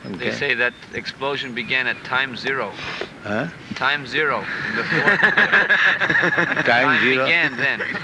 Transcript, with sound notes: They say that explosion began at time zero.
Huh?
Time zero. [laughter]
Time zero?
Time began then,